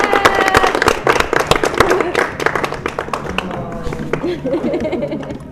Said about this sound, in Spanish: ¡Un aplauso a los cocineros! ¡Eso! ¡Gracias!